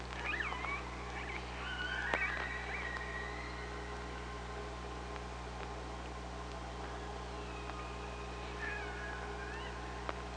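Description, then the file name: Killer whale calls, several wavering harmonic tones early on and a second burst of bending calls near nine seconds, over a constant low underwater drone with occasional clicks. Killer whales on OrcaLab hydrophone, 24 August 2017, 05:25:18. "Orca Lab UTLN JASON 20170824 052518"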